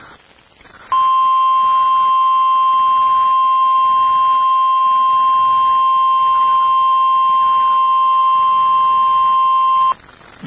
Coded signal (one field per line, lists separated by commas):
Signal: Emergency Alert System (SAME) tones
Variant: 1050 Hz attention tone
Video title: NOAA/EAS Tornado watch for central and southern Louisiana (large hail and strong tornadoes likely)